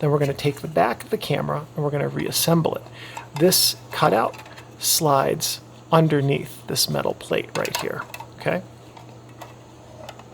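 Someone talks while handling the removable back of a roughly 100-year-old metal Zeiss Ikon Baby Box Tengor 54/18 box camera with a Goerz Frontar lens, lining up its cutout to slide underneath the metal plate on the body so it can be pressed closed. After the talking, a few faint short handling taps come near 9.0, 10.1, 10.2 and 10.3 seconds. The back has not seated or clicked into place yet.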